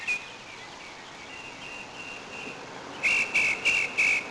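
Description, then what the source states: Mockingbird giving a faint, thin whistle, then four quick raspy notes in a row near the end, over a constant rushing background noise. Two mockingbirds recorded along with a car.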